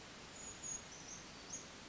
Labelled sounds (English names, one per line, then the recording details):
Brown Creeper
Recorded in Sonoma County, California